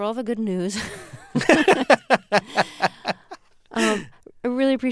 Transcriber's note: soundbite of laughter